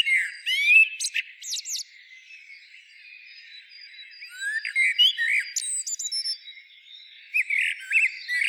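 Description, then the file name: Common blackbird song: fluted warbling phrases broken by high scratchy twitters, repeated after short gaps. "Turdus merula"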